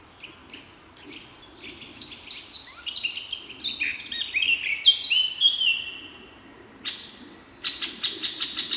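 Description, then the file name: Eurasian blackcap warbling song: a quick, varied run of high chattering and fluty whistled notes, a short pause, then a final burst of repeated clear notes. "Sylvia atricapilla"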